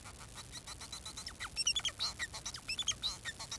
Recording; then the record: song of a male Bengalese finch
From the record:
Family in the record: son of father 4